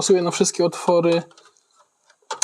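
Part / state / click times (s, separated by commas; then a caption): motherboard into PC case standoff / seated / 2.3 s, 2.4 s. Someone talks as a motherboard is lined up with the mounting holes and pushed down into a PC case. It clicks and drops onto a protruding case standoff that catches it, with two sharp clicks at 2.3 s and 2.4 s, and the board is seated.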